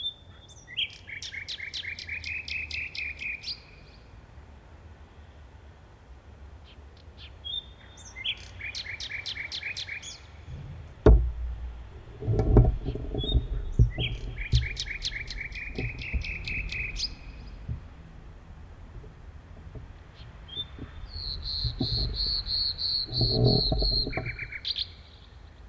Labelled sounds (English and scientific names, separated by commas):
Common Nightingale (Luscinia megarhynchos) song